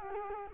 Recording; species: mosquito wingbeat signal from an infrared sensor; Culex quinquefasciatus